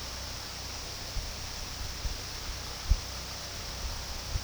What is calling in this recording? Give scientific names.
none